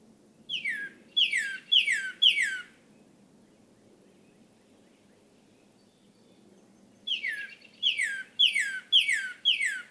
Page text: Cardinals awaking—13 mornings to explore! For 13 mornings during late April and early May 2018, I recorded how a male northern cardinal left the night roost and began his day